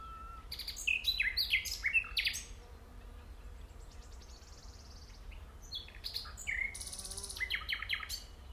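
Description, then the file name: Common nightingale song: varied phrases of sharp trills, buzzy notes and a high rattling burst, with a quieter stretch between them. "Luscinia megarhynchos"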